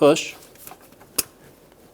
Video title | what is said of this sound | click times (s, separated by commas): How to Replace Front & Rear Valve Cover Gaskets 2003-2008 Honda Pilot | here a click give it a pull make sure it's connected | 1.2 s